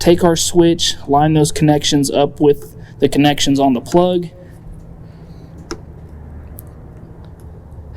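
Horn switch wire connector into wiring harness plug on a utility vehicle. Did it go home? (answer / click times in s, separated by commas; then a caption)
yes / 5.7 s. Someone talks, then a horn switch wire connector, lined up with the wiring harness plug on a John Deere Gator utility vehicle, is pushed down until fully seated. A sharp click is heard at 5.7 s, followed by another brief tick at 6.6 s and two faint ticks near 7.3 and 7.4 s. The connector is seated.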